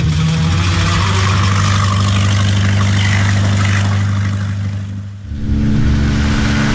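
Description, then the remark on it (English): A motorboat engine drones loudly and steadily with a deep, buzzing hum, briefly dipping near the end before picking back up at a slightly different pitch. No one speaks. “Why is this boat so slow?”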